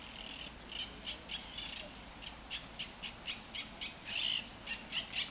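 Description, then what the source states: Monk parakeet: harsh, parrot-like squawks, repeated fast and irregularly, over low background noise. Urban population in El Retiro park, Madrid, Spain; Madrid holds Europe's largest monk parakeet population, many seen and heard in this park.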